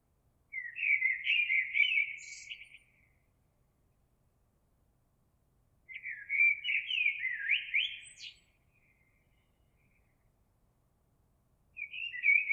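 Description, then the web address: Eurasian blackbird delivering fluty warbled phrases separated by silence, the full phrases closing with a thin high squeaky flourish. Recorded 26 April 2022. "oiseaux Merle 2022 04 26"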